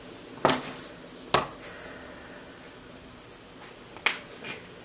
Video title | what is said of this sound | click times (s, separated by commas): KaryAll Clutch Tutorial | And you snap it together. | 0.4 s, 1.3 s, 4.1 s